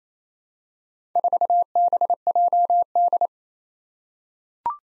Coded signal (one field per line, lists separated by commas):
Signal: Morse code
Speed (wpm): 27 wpm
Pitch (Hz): 700 Hz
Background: none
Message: 4BJD